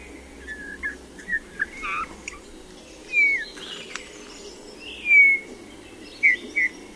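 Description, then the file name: Eurasian bullfinch singing a scattered run of soft whistles and brief creaky notes, with clearer downslurred piping whistles standing out over a low background hiss. "Gil"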